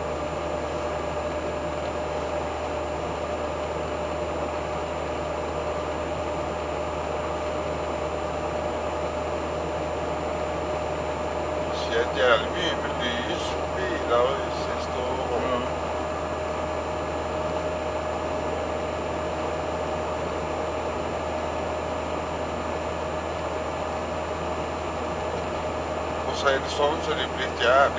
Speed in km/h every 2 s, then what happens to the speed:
69, 69, 69, 69, 69, 70, 70, 70, 70, 71, 71, 71, 71, 71.
0-28 steady at about 70.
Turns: none.